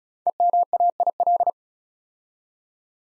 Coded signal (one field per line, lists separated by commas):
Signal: Morse code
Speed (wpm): 34 wpm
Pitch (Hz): 700 Hz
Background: none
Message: EMAIL